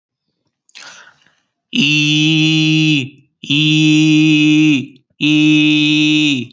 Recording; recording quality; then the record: sustained vowel as in beet; excellent, no background noise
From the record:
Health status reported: healthy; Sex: male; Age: 33 years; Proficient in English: yes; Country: India